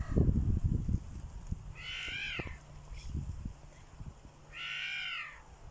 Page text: Leopardus guigna